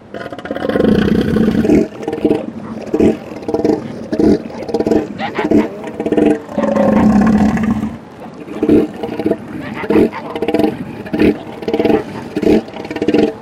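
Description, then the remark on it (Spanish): Deep, resonant grunts and guttural roars from two massive males, each over a tonne, clash in a fight in Patagonia, overlapping in rough bursts with brief pauses, loud and booming throughout. “Los gruñidos que salen de sus gargantas resuenan como si emergieran de una caverna.”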